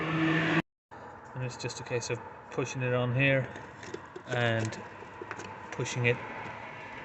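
A new replacement boost pipe for a Nissan Qashqai 1.5 dCi is handled at its push-fit end, ready to go onto the intercooler/turbo outlet fitting to fix a boost leak causing power loss and limp mode. Someone talks over low engine-bay handling noise, with a sharp short tap near 5.3 s. The pipe has not seated or clicked home yet.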